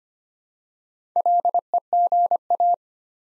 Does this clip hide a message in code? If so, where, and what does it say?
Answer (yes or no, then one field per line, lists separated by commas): yes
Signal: Morse code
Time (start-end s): 1.2-2.7 s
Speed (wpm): 25 wpm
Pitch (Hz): 700 Hz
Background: none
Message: LEGA